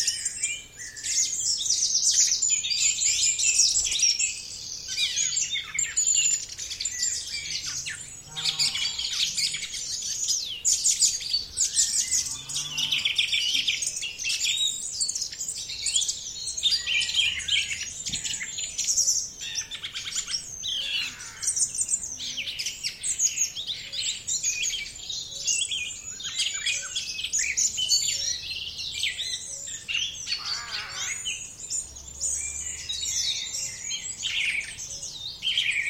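A dense dawn chorus of many birds singing at once, bright chirps and trills overlapping without pause for the whole stretch. Some calls are sharp, with a faint low rumble underneath in the background.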